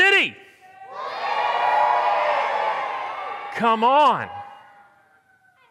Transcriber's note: congregation shouts